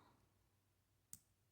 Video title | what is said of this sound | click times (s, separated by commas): Whimsical Fishy Necklace Made With Sam's Bead Box May 2022 | hear that clicking i don't know if you guys could hear it but | 1.1 s